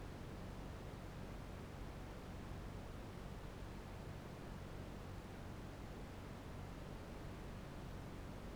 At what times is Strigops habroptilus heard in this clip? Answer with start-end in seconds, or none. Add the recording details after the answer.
none. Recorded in New Zealand. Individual Barnard